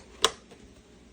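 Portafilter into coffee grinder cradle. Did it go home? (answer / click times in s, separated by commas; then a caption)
yes / 0.2 s. A portafilter is slipped into the plastic cradle under the outlet of a CASABREWS electric conical burr coffee grinder and pressed home. One sharp, loud click sounds at 0.2 s as it seats, which turns on the grinder. No one talks during the clip.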